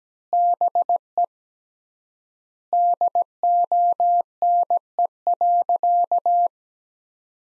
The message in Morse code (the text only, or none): BE DONE.